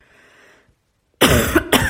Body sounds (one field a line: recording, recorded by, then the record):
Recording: voluntary cough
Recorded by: messaging app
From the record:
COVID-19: negative